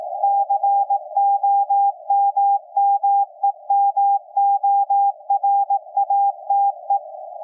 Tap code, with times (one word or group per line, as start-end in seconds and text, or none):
none